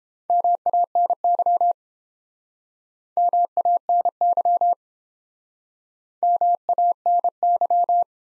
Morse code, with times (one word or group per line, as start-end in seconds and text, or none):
0.3-1.7 MANY
3.2-4.7 MANY
6.2-8.0 MANY